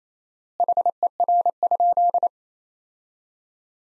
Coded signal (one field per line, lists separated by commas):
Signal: Morse code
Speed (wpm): 27 wpm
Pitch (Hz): 700 Hz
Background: none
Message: HER?